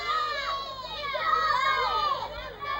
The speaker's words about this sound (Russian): Дети бегут к матери.